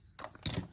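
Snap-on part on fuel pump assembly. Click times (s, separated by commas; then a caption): 0.5 s. The second piece of a next-gen fuel pump assembly upgrade for a 350Z/G35 is snapped on by hand, with faint clicks and handling noise before a sharp snap at 0.5 s. The part seats with that snap.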